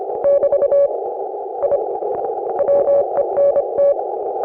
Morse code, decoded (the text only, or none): <BT> I WENT